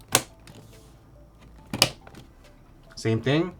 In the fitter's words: so you're going to hear two clicks per Ram so go ahead and apply pressure